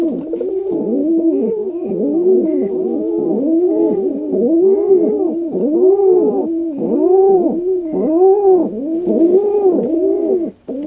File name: Rock Pigeon